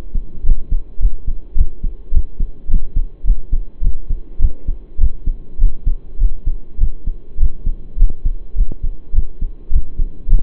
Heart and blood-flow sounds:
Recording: heart sounds by stethoscope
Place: between the tricuspid and mitral areas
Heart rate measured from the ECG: 104 bpm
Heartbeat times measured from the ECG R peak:
0.44 s: heartbeat
1.00 s: heartbeat
1.56 s: heartbeat
2.13 s: heartbeat
2.69 s: heartbeat
3.25 s: heartbeat
3.82 s: heartbeat
4.40 s: heartbeat
4.99 s: heartbeat
5.59 s: heartbeat
6.19 s: heartbeat
6.79 s: heartbeat
7.39 s: heartbeat
7.98 s: heartbeat
8.56 s: heartbeat
9.14 s: heartbeat
9.71 s: heartbeat
10.28 s: heartbeat
From the record:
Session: pedaling a stationary bicycle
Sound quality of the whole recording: saturated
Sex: male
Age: 23 years

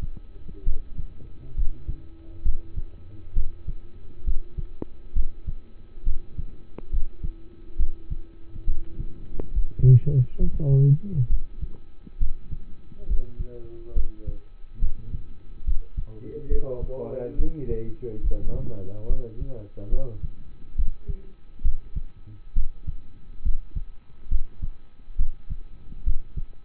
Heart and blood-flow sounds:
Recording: heart sounds by stethoscope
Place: between the tricuspid and mitral areas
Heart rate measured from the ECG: 69 bpm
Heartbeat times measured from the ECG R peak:
0.64 s: heartbeat
1.55 s: heartbeat
2.43 s: heartbeat
3.34 s: heartbeat
4.24 s: heartbeat
5.14 s: heartbeat
6.04 s: heartbeat
6.90 s: heartbeat
7.77 s: heartbeat
8.65 s: heartbeat
9.52 s: heartbeat
10.38 s: heartbeat
11.28 s: heartbeat
12.19 s: heartbeat
13.07 s: heartbeat
13.94 s: heartbeat
14.80 s: heartbeat
15.65 s: heartbeat
16.49 s: heartbeat
17.37 s: heartbeat
18.21 s: heartbeat
19.07 s: heartbeat
19.90 s: heartbeat
20.76 s: heartbeat
21.62 s: heartbeat
22.54 s: heartbeat
23.43 s: heartbeat
24.29 s: heartbeat
25.17 s: heartbeat
26.04 s: heartbeat
From the record:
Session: rest, lying down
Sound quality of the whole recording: partially saturated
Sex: male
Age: 27 years

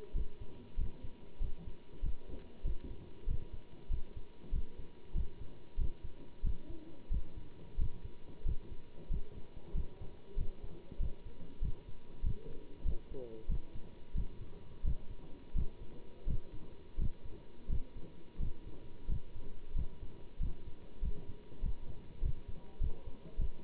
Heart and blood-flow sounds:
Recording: heart sounds by stethoscope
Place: between the tricuspid and mitral areas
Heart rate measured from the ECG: 93 bpm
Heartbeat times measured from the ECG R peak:
0.16 s: heartbeat
0.79 s: heartbeat
1.42 s: heartbeat
2.04 s: heartbeat
2.66 s: heartbeat
3.29 s: heartbeat
3.92 s: heartbeat
4.54 s: heartbeat
5.16 s: heartbeat
5.79 s: heartbeat
6.45 s: heartbeat
7.12 s: heartbeat
7.80 s: heartbeat
8.47 s: heartbeat
9.12 s: heartbeat
9.76 s: heartbeat
10.38 s: heartbeat
11.01 s: heartbeat
11.63 s: heartbeat
12.25 s: heartbeat
12.86 s: heartbeat
13.50 s: heartbeat
14.16 s: heartbeat
14.86 s: heartbeat
15.57 s: heartbeat
16.28 s: heartbeat
17.00 s: heartbeat
17.71 s: heartbeat
18.41 s: heartbeat
19.10 s: heartbeat
19.77 s: heartbeat
20.42 s: heartbeat
21.04 s: heartbeat
21.64 s: heartbeat
22.24 s: heartbeat
22.82 s: heartbeat
23.40 s: heartbeat
From the record:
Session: bicycle stress test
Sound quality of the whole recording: good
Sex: male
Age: 27 years

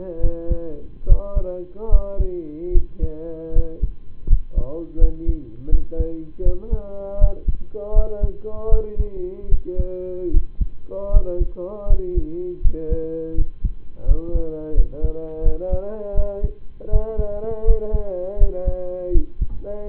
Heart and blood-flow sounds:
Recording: heart sounds by stethoscope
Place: between the tricuspid and mitral areas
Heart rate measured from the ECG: 79 bpm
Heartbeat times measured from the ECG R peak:
0.20 s: heartbeat
1.06 s: heartbeat
1.89 s: heartbeat
2.71 s: heartbeat
3.52 s: heartbeat
4.26 s: heartbeat
4.98 s: heartbeat
5.69 s: heartbeat
6.42 s: heartbeat
7.17 s: heartbeat
7.92 s: heartbeat
8.68 s: heartbeat
9.48 s: heartbeat
10.30 s: heartbeat
11.10 s: heartbeat
11.86 s: heartbeat
12.61 s: heartbeat
13.34 s: heartbeat
14.04 s: heartbeat
14.74 s: heartbeat
15.42 s: heartbeat
16.14 s: heartbeat
16.89 s: heartbeat
17.64 s: heartbeat
18.37 s: heartbeat
19.11 s: heartbeat
19.86 s: heartbeat
From the record:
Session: rest, lying down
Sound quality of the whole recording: partially saturated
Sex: male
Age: 25 years

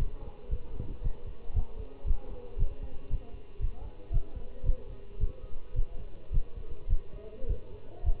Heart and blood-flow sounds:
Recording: heart sounds by stethoscope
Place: between the tricuspid and mitral areas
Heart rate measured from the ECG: 111 bpm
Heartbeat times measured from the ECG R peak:
0.51 s: heartbeat
1.04 s: heartbeat
1.55 s: heartbeat
2.07 s: heartbeat
2.59 s: heartbeat
3.11 s: heartbeat
3.61 s: heartbeat
4.13 s: heartbeat
4.66 s: heartbeat
5.21 s: heartbeat
5.76 s: heartbeat
6.33 s: heartbeat
6.90 s: heartbeat
7.49 s: heartbeat
8.05 s: heartbeat
From the record:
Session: Bruce protocol treadmill stress test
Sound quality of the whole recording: good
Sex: male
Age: 25 years

